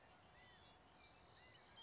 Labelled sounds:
California Quail
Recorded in Sonoma County, California

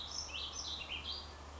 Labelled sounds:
Warbling Vireo
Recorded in Sonoma County, California

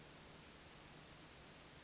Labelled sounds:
Brown Creeper
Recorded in Sonoma County, California

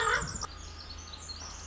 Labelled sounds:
Pacific Wren
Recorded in Sonoma County, California

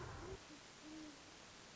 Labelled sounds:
Great Horned Owl
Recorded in Sonoma County, California

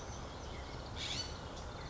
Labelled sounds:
California Scrub-Jay
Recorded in Sonoma County, California

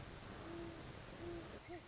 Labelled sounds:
Great Horned Owl
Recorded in Sonoma County, California

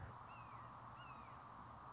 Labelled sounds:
Red-shouldered Hawk
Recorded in Sonoma County, California

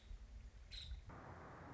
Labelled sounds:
Nuttall's Woodpecker
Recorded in Sonoma County, California

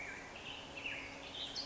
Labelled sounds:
Black-headed Grosbeak
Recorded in Sonoma County, California

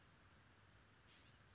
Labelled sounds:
California Scrub-Jay
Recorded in Sonoma County, California

